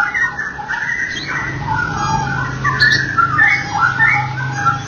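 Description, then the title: Oriental magpie-robin: varied whistled song over a steady low hum and broad background noise. "Kicau Kacer"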